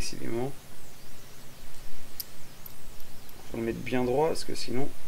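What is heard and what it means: A part of a vape mod, possibly a cover or drip tip, is handled and pushed straight so it can clip in, since it struggles to clip if not kept straight. Someone talks while a few faint, brief ticks sound around 2.2 s, 2.7 s and 3.3 s. Nothing has seated or clicked into place yet.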